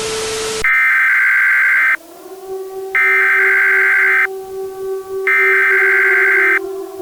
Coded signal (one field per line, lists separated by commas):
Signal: Emergency Alert System (SAME) tones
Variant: header bursts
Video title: EAS Scenario: IT'S HERE ACT 1 - THE SKY IS CALLING [FULL]